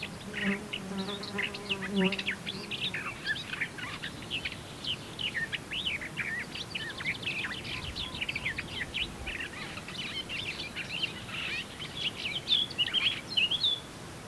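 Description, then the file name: Eurasian blackcap warbling, a dense stream of quick varied chirps and twitters throughout, with a low droning hum in the first three seconds. "Sylvia atricapilla"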